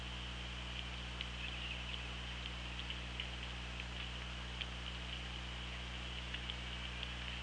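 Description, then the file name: Orca clicks, a loose series of sharp brief ticks scattered irregularly across several seconds, with steady low-pitched hum throughout. Recorded 24 August 2017 at 17:59. "Orca Lab. 20170824 175933"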